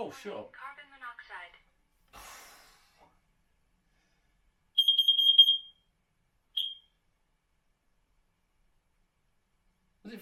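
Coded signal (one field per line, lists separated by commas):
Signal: alarm pattern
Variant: Kidde smoke/CO alarm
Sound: man talking, then a shrill warbling alarm beep under a second, then one chirp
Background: speech, small room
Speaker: once you've had the four the four beeps and a chirp that's the end of its cycle and it's all ready to go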